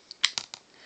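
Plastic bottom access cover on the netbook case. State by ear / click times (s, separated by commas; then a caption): released / 0.1 s, 0.2 s, 0.4 s, 0.5 s. A screwdriver pushed into the seam of the plastic bottom access cover on a Gateway Atom netbook LT 27 is turned to pry it up. Sharp plastic snaps ring out at 0.1, 0.3, 0.4 and 0.5 seconds, the one at 0.3 s the loudest. The bottom cover pops out of its clips and comes free.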